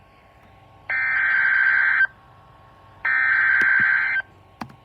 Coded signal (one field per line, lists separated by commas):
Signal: Emergency Alert System (SAME) tones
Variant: header bursts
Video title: Severe thunderstorm warning [EAS #524]